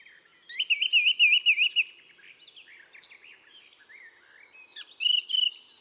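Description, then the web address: Bird song: a rolling warbled trill lasting over a second, followed by softer scratchy twittering and a brief return of the bright warble at the end. "cianscape birddata Deverinetal 2025. Bird Only"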